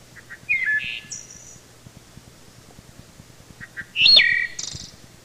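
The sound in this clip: Wood thrush: two phrases of soft notes running into loud liquid flutelike tones, then high trills. A faint steady hum continues throughout.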